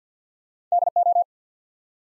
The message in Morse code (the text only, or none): D O